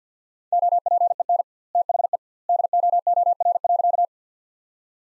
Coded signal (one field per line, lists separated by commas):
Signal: Morse code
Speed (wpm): 50 wpm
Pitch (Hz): 700 Hz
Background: none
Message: OPEN THE DOOR.